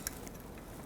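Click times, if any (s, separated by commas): none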